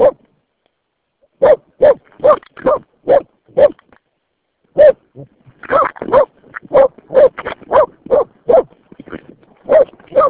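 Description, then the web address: Dog barking in bursts: a series of evenly spaced barks, a pause of about a second, then a faster, more irregular series of barks. "Santra. taperan koirat"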